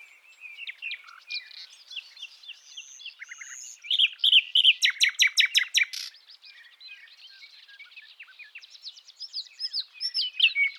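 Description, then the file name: Common nightingale song, varied whistles and chirps building to a loud fast pulsed trill, then softer rapid notes rising again toward the end. "Luscinia megarhynchos"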